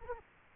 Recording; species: mosquito wingbeat signal from an infrared sensor; Culex quinquefasciatus